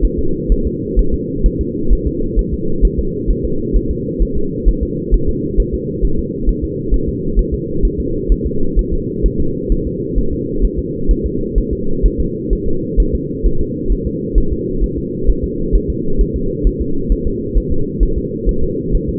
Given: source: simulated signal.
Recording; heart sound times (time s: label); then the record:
fetal heart sounds
0.05 s: S1
0.19 s: S2
0.52 s: S1
0.67 s: S2
0.99 s: S1
1.14 s: S2
1.46 s: S1
1.61 s: S2
1.93 s: S1
2.07 s: S2
2.39 s: S1
2.53 s: S2
2.85 s: S1
2.99 s: S2
3.31 s: S1
3.45 s: S2
3.77 s: S1
3.91 s: S2
4.22 s: S1
4.37 s: S2
4.69 s: S1
4.83 s: S2
5.14 s: S1
5.29 s: S2
5.60 s: S1
5.74 s: S2
6.05 s: S1
6.19 s: S2
6.49 s: S1
6.64 s: S2
6.94 s: S1
7.09 s: S2
7.39 s: S1
7.54 s: S2
7.85 s: S1
8.00 s: S2
8.32 s: S1
8.46 s: S2
8.79 s: S1
8.93 s: S2
9.26 s: S1
9.40 s: S2
9.72 s: S1
9.87 s: S2
10.19 s: S1
10.33 s: S2
10.65 s: S1
10.79 s: S2
11.11 s: S1
11.26 s: S2
11.58 s: S1
11.73 s: S2
12.06 s: S1
12.20 s: S2
12.53 s: S1
12.68 s: S2
13.00 s: S1
13.15 s: S2
13.46 s: S1
13.61 s: S2
13.92 s: S1
14.07 s: S2
14.38 s: S1
14.53 s: S2
14.84 s: S1
14.98 s: S2
15.30 s: S1
15.44 s: S2
15.75 s: S1
15.90 s: S2
16.21 s: S1
16.36 s: S2
16.67 s: S1
16.81 s: S2
17.12 s: S1
17.27 s: S2
17.58 s: S1
17.72 s: S2
18.03 s: S1
18.18 s: S2
18.49 s: S1
18.63 s: S2
18.95 s: S1
19.09 s: S2
From the record:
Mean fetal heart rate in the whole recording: 130 bpm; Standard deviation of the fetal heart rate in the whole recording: 2 bpm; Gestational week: 36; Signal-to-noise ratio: -8.1 dB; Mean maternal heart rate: 72 bpm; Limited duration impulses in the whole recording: absent